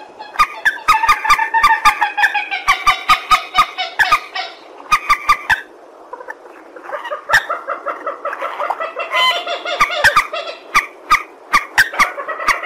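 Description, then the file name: Purple swamphen making rapid, nasal chattering notes in two long series with a quieter gap between them, accompanied by frequent sharp clicks. "tieng trich re keu"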